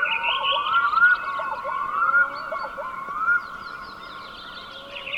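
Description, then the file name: Black-throated loon wailing: drawn-out tonal cries with slurred rising notes, over a steady noisy background. "Storlom"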